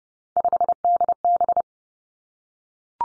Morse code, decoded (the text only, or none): 5DB